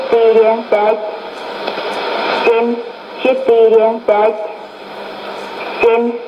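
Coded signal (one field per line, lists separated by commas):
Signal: numbers station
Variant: S06s, Russian female voice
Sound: a woman's voice speaking short, spaced words through hissy shortwave static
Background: radio static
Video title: 27 06 2018 S06s Russian Lady numbers station in Russian to Eu 0730 on 12110 unknown tx site USB+AM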